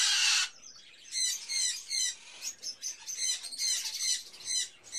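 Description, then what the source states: Birds squawking: one loud harsh burst opens, then rapid repeated chirps and twittering notes follow in quick pulses. Various birds in a pet shop, recorded as ambience.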